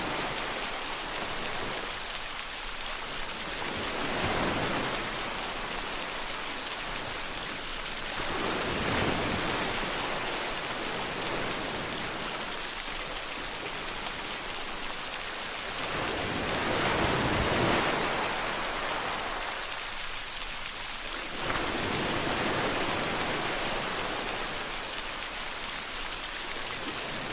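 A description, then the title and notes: Steady dense rain hisses over water while ocean waves swell and wash through roughly every four to five seconds, strongest near seventeen seconds. Sound Of Rain On Water & Ocean Waves Ambience.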